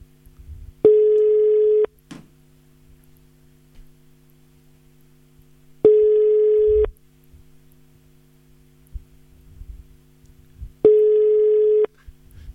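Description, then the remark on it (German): A telephone line tone on a call to a mobile phone that doesn't connect: three long, steady, mid-pitched beeps, each about a second, spaced roughly five seconds apart over a faint low hum, with no voices. “War eine super Idee von Ette, dass wir sie nochmal versuchen sollen anzurufen.”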